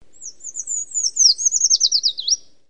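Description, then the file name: Eurasian treecreeper song: a thin, high series of rapid notes that starts as a fine jingle, then drops in pitch into a descending flourish. "hegyi fakusz enek"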